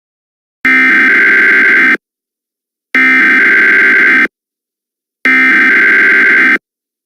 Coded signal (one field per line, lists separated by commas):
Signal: Emergency Alert System (SAME) tones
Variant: header bursts